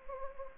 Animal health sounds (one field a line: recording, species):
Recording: mosquito wingbeat signal from an infrared sensor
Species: Anopheles gambiae